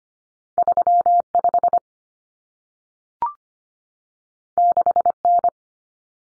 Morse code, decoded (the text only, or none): 35 6N